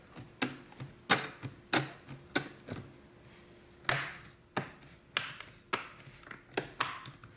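The plastic display bezel's bottom section over the hinges on an Acer C731 Chromebook is pressed down and worked around the edge of the screen lid. Sharp clicks at 0.4, 1.7, 2.4, 3.9, 5.2 and 6.8 seconds sound as its clips snap into the lid, and the bezel ends up seated.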